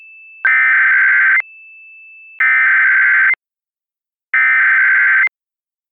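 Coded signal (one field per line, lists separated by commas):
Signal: Emergency Alert System (SAME) tones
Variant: header bursts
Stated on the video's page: Fictional EAS scenario used in an audio drama.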